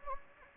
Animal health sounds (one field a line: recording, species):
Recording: mosquito wingbeat signal from an infrared sensor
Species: Anopheles gambiae